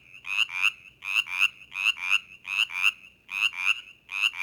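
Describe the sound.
Brimley's chorus frog calling with short grating trills, each grouped in a double burst, repeated steadily about every three-quarters of a second.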